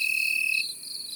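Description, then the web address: Cricket chirping, a steady high trill that cuts off about halfway, with a second fainter insect buzz continuing throughout. In the garden. "Les grillons. un jour au jardin"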